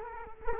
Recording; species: mosquito wingbeat signal from an infrared sensor; Culex quinquefasciatus